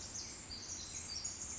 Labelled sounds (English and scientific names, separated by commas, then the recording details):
Pacific Wren (Troglodytes pacificus)
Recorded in Sonoma County, California